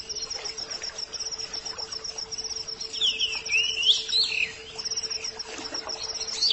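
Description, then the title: Oriental magpie-robin gives a short burst of twisting whistled notes midway, while a rapid high trill and a low steady hum run throughout. "Suara Kicauan Burung Kacer"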